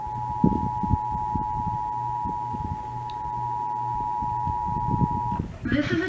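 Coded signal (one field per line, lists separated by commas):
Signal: Emergency Alert System (SAME) tones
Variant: 853 and 960 Hz attention tone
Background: speech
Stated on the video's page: Oklahoma statewide required monthly test.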